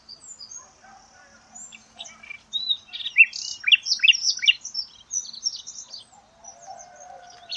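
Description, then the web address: Bird singing a short burst of high, scratchy chirps and twittering notes in the middle, with quieter scattered notes before and after. "Deverinetal 2025. Bird Only"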